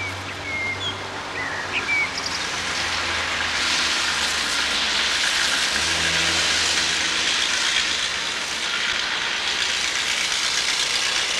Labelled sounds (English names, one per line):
Common Blackbird song